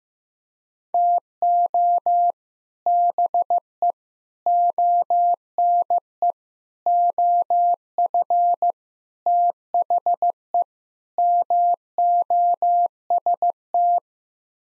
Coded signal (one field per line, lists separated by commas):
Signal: Morse code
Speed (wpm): 15 wpm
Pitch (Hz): 700 Hz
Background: none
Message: TO BE ONE OF THE MOST